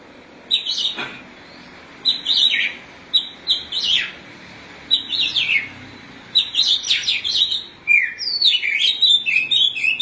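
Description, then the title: Oriental magpie-robin song of scratchy chirps and downward-slurred whistles in short bursts, becoming denser and more varied toward the end. "Suara Kicauan Burung Kacer"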